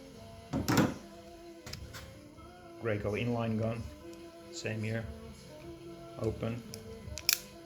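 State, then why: Seated. Someone talks while turning the trigger safety lock on a Graco inline airless paint spray gun from open to locked, to prevent an accidental injection hazard. Two sharp clicks at 7.2 s and 7.3 s confirm the trigger lock has snapped into the locked position.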